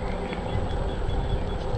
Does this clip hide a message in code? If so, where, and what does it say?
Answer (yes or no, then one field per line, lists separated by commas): no